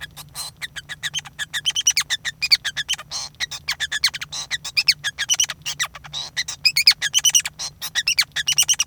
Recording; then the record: song of a male Bengalese finch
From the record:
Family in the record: son of father 5